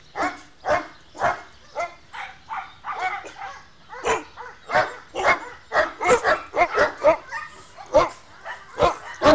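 Dog giving a long run of sharp barks, coming faster toward the end.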